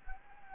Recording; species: mosquito wingbeat signal from an infrared sensor; Anopheles gambiae